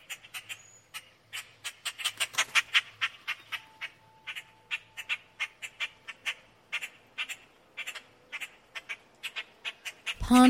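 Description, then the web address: Grackle calls: a rapid, steady run of harsh clicking chack notes, several per second, with a few squeaky whistles mixed in and a loud thump at the end. "birds-grackel-01"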